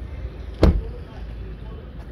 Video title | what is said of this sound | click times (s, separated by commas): 2022 Mahindra Thar LX Hard Top Diesel ₹15.53 Lacs🔥 - यह गाड़ी नहीं सपना है हर किसी का❤ | पहले की तरह नहीं है मतलब जो खट की आवाज़ आती है वन टाइम में ऐसा फील एकदम सॉफ्ट हो है जैसे | 0.6 s